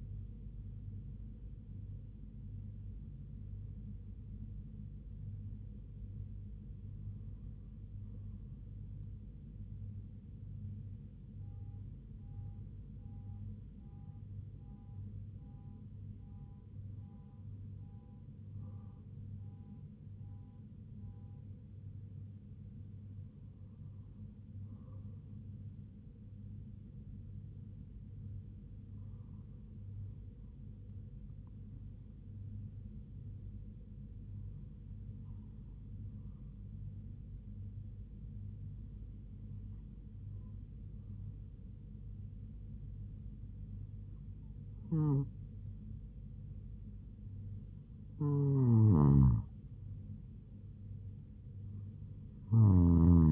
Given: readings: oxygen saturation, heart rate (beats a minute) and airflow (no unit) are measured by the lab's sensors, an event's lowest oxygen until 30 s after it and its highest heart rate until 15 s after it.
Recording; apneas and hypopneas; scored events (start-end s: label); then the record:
breathing in sleep by a smartphone at the bedside; none
4.00-34.00 s: new sleep stage, N1 (lightest sleep)
34.00-53.32 s: new sleep stage, N2 (light sleep)
From the record:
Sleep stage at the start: N2 (light sleep); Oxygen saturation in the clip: 96 to 98%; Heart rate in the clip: 67 to 79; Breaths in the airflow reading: 10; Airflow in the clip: -4.0 to 4.0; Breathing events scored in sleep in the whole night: 158 in 7.3 hours asleep